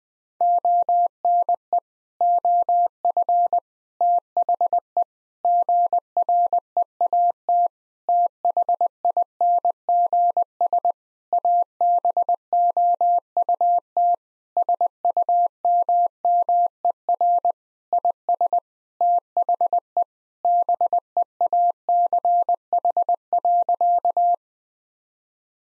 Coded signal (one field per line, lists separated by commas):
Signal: Morse code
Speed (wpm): 20 wpm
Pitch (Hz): 700 Hz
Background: none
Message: ONE OF THE GREAT THINGS ABOUT SUMMER IS THE BEACH.